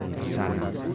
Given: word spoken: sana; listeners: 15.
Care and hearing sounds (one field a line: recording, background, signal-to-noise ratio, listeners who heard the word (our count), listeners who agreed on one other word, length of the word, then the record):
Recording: one Spanish word in noise, from a listening test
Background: eight-talker babble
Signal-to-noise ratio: -2.6 dB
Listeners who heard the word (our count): 1 of 15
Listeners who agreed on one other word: 7 of 15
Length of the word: 0.55 s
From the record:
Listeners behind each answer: 7, 1, 1, 1, 1, 1, 1, 1, 1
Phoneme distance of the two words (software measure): 7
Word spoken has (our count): 2 syllables, 4 phonemes, stress on syllable 1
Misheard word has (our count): 2 syllables, 5 phonemes, stress on syllable 1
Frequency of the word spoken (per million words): 13.45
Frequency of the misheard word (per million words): 3.48